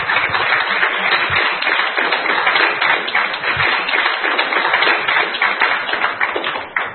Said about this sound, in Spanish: ¿No le pueden dar un fuerte aplauso al Señor? Sí.